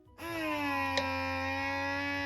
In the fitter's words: oh I heard it pop